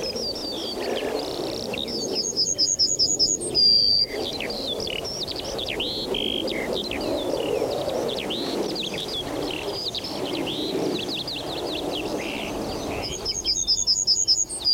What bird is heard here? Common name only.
Yellowhammer